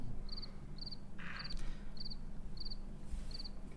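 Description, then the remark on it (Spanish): A cricket chirps in a steady rhythm, six short high-pitched trills evenly spaced about half a second apart, over a low, constant background rumble with no voices. “Necesito un grillo atrás.”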